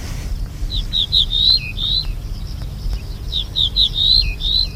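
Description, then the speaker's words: Ortolan Bunting song, a short series of high clear whistled notes followed by a lower slurred note, given twice, with low rumbling noise beneath. Italian dialect of the song, clearly different from Spanish and French dialects; males of different dialects do not understand each other. "Poursuivons notre voyage, traversons maintenant les Alpes cette fois et écoutons le zigolo ortolano italien."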